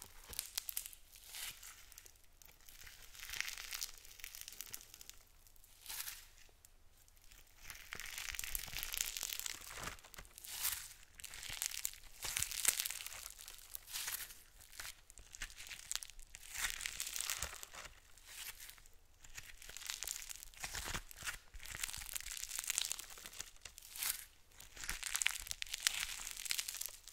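Scratching and touching: bright, dry rustling and crinkling bursts come in uneven waves throughout, with quick sharp ticks scattered between them. The sounds are crisp, with a faint low hum underneath.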